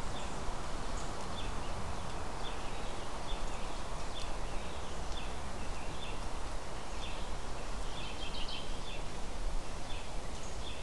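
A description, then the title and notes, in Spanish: Ambient sound in an oak-pine forest: a steady, dense rustle, strongest in the low end, runs evenly through the whole recording. Small, high bird chirps and calls come and go every second or so, scattered, clustering more toward the end. Escucha el sonido ambiental del Bosque de encino-pino.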